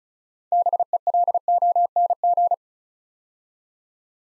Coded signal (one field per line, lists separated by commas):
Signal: Morse code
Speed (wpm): 36 wpm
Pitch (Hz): 700 Hz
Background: none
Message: BELONG